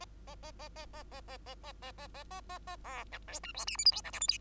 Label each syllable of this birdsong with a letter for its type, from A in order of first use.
A A A A A A A A A A A A A A A A B C D E F G H I J K L M N